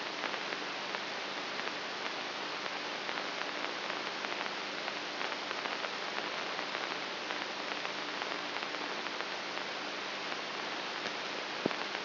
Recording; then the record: brain microelectrode recording played as sound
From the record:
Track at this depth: inside the subthalamic nucleus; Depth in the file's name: 6.04 mm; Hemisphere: right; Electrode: 3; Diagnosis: Parkinson's disease